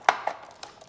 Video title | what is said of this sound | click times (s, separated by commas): REVOLUTIONIZING My Bambu Labs A1 3D Printer Experience | There. That snaps in place. | 0.1 s